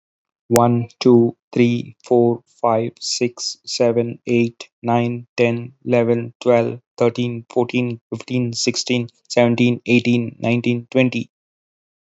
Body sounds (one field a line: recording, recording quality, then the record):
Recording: counting at a normal pace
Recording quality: excellent, no background noise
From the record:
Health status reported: healthy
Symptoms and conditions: diabetes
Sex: male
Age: 40 years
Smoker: not ticked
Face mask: not worn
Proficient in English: yes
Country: India